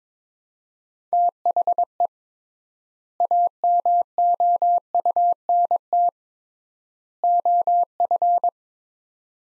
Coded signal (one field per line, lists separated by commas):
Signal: Morse code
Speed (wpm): 22 wpm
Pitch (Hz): 700 Hz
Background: none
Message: THE AMOUNT OF